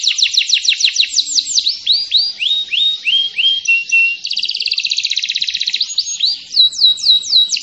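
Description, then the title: Canary song, a fast continuous run of high chirps: downslurred notes, then rapid trills and buzzy rolls, shifting phrase types every second or so without pause. Canary in energetic, continuous singing with long rolling trills. "Kicau Kenari GACOR NGOTOT ROLL PANJANG"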